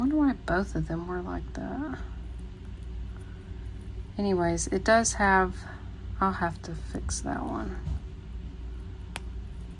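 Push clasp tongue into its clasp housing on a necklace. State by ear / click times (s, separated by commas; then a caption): seated / 9.2 s. A metal push clasp tongue is pressed into its clasp housing on a necklace after adjustment, while someone talks. One sharp click is heard at 9.2 seconds as the clasp closes. The clasp locks into place.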